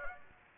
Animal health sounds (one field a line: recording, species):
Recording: mosquito wingbeat signal from an infrared sensor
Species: Aedes aegypti